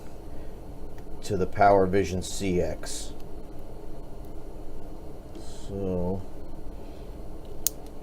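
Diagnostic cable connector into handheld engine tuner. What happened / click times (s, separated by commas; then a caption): The cable connector snapped into its socket / 7.7 s. Someone talks while plugging a diagnostic cable's connector into a Dynojet Power Vision CX handheld engine tuner for an Indian Chieftain Limited motorcycle. At 7.7 s a single sharp, loud snap rings out and dies away quickly as the connector seats into the tuner.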